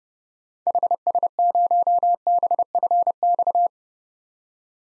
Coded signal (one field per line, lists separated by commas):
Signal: Morse code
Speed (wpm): 32 wpm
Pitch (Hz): 700 Hz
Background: none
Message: HS0BFX